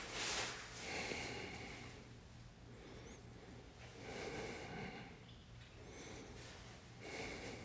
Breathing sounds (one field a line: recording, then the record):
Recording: deep breathing after running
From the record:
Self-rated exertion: very light exertion (1 of 6)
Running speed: 6 miles an hour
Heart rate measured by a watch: 105 beats a minute at the start, 104 at the end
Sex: male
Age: 25 years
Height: 174 cm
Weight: 71 kg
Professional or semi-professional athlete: no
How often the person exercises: 3 to 5 times a week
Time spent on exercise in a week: 2 to 3 hours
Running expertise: no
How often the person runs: 1 to 2 times a week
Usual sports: running, swimming, badminton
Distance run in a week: 8 km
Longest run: 10 km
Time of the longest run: 48 minutes